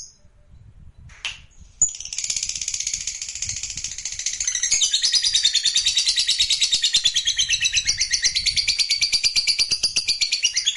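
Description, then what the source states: Lovebird song: after a brief pause and a couple of sharp chirps, a long high-pitched chattering trill builds and runs on with rapid pulsing notes. Lovebird sound said to be 100% effective with just one play.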